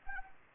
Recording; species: mosquito wingbeat signal from an infrared sensor; Anopheles arabiensis